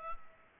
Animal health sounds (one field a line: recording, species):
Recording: mosquito wingbeat signal from an infrared sensor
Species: Culex pipiens